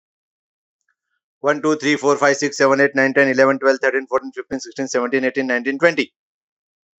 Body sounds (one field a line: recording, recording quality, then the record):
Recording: counting at a fast pace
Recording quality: excellent, no background noise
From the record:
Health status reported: healthy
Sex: male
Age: 25 years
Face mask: not worn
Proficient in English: yes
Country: India